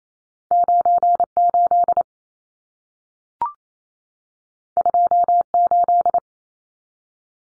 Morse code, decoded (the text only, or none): 98 28